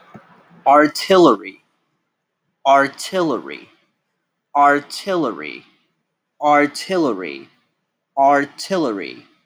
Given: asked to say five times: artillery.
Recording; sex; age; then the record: repeated word; male; 20 to 29 years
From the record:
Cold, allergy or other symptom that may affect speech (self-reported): no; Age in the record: 27 years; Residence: Michigan, United States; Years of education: 14